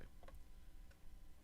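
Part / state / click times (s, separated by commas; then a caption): plastic brick piece onto a brick model / not seated / none. A plastic brick piece is handled and repositioned over a brick model after a failed first try, giving a few faint, light ticks over low background noise. Nothing has seated or clicked into place yet.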